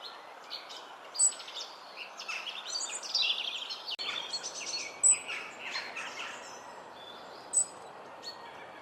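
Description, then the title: Robin chirps: a continuous stream of high, jumbled twittering notes with several louder sharp chips, over steady background hiss. "Robin Birds Chirping"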